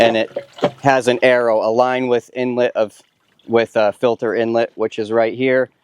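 A rinsed plastic pool filter basket or cartridge is handled while someone talks about setting it back into its housing, which it fits only one way, with its arrow lined up to the filter inlet. The clip ends before the part goes in, so nothing has seated or clicked yet.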